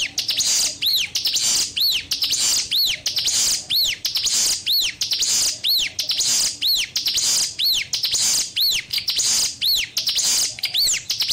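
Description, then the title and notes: Streaked spiderhunter song: high, sharply arched notes repeated steadily about once per second, each note clear and ringing over faint background hiss. Used for training cage birds; singing actively, clear and long. "Pijantung Gunung Gacor Jernih Panjang. Masteran burung"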